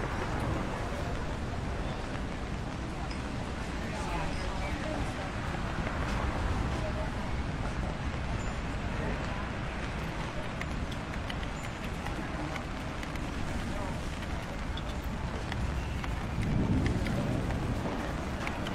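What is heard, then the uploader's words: A cafe on a rainy day: a dense, steady wash of murmured voices fills the room, with light rain hissing behind it. Small sharp clicks, like keyboard typing, tick through constantly, and a low rumble swells briefly near the end. Immerse yourself in the cozy atmosphere of the cafe. Rainy day. Keyboard typing and light rain and ambient vocals.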